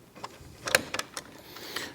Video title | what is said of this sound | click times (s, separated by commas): Easy Step by Step Guide How To Install a Quadratec Complete SoftTop for Jeep Wrangler JL | and we can get that started by pulling this plunger and locking it to the bracket here on the door surround | 0.7 s